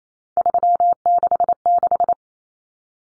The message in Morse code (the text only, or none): 366